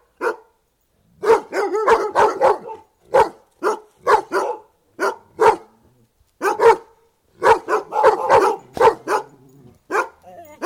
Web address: Sound Effects-BBC. Doberman, exterior, barking then joined by border collies